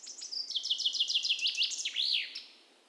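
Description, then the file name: Common chaffinch song: a fast run of bright descending chirps ending in a looping flourish before fading away. "Fringilla coelebs"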